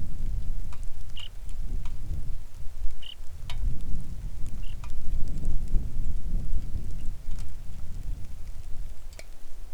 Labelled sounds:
songbird
wind
rain
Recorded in the Arctic National Wildlife Refuge, Alaska, on 3 August 2019 at 09:55
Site 41

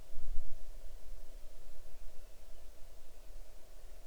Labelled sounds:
bird
insects
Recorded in the Arctic National Wildlife Refuge, Alaska, on 6 July 2019 at 00:07
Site 39

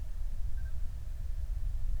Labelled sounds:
flare stack
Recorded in the Prudhoe Bay oil fields, Alaska, on 28 July 2019 at 05:17
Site 25

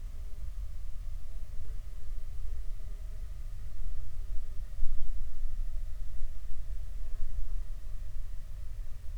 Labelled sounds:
insects
man-made sound
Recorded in the Prudhoe Bay oil fields, Alaska, on 9 July 2019 at 10:25
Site 16

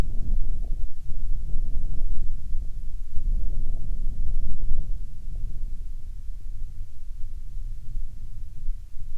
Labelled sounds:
wind
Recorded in the Arctic National Wildlife Refuge, Alaska, on 5 August 2019 at 12:49
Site 49

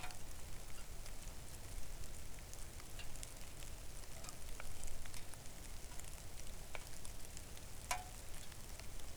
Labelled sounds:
rain
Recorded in the Arctic National Wildlife Refuge, Alaska, on 3 August 2019 at 05:50
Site 41

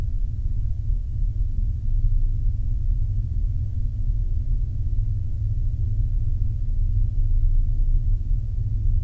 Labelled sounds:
flare stack
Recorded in the Arctic National Wildlife Refuge, Alaska, on 3 September 2019 at 14:23
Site 48

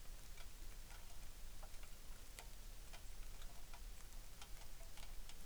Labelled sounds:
rain
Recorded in the Arctic National Wildlife Refuge, Alaska, on 3 August 2019
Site 33

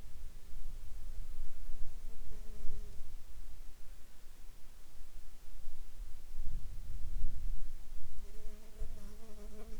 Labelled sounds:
insects
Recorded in the Arctic National Wildlife Refuge, Alaska, on 16 July 2019 at 14:43
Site 41

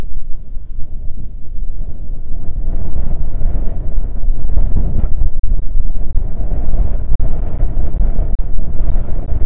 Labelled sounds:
near silence
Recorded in the Arctic National Wildlife Refuge, Alaska, on 5 June 2019 at 00:00
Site 38

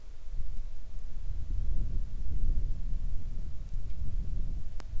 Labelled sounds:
wind
rain
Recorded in the Arctic National Wildlife Refuge, Alaska, on 3 August 2019 at 10:16
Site 41

